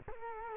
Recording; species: mosquito wingbeat signal from an infrared sensor; Culex quinquefasciatus